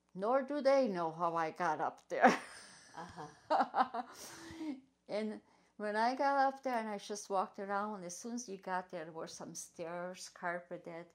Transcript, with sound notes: Nor do they know how I got up there! (laughs) And when I got up there and I just walked around and as soon as you I got there, were some stairs, carpeted.,